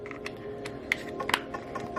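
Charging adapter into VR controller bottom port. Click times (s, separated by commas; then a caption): 0.9 s, 1.3 s. A USB-C charging adapter from a PS5 VR2 controller charger is pushed into the small port on the bottom of a VR controller over a steady, tonal background. A sharp, loud snap at 0.9 s is followed by smaller clicks at 1.3 s and 1.3 s, and the adapter is seated in the port.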